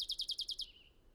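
Bird song: a rapid series of seven buzzy high notes, ending in a faint, fading tone, with soft background hiss.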